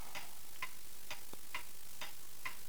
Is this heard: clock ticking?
yes